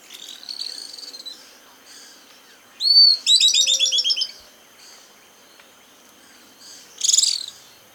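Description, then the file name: Bird calls: a thin buzzy opening note, a quick upward whistle, then a rapid run of several high chirps, with a short harsh burst near the end. "SABIOD bird"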